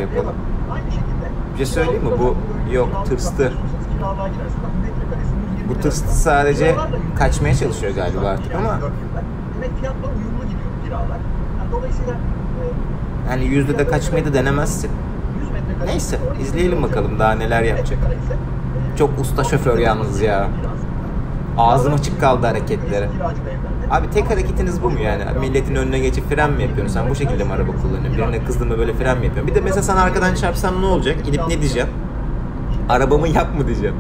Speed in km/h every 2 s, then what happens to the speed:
105, 105, 104, 106, 107, 107, 108, 110, 112, 112, 114, 116, 112, 112, 110, 102, 99.
0-23 speeds up to 116. 23-34 slows to 99.